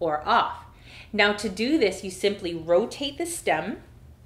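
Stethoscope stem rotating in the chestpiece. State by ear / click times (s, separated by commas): not seated / none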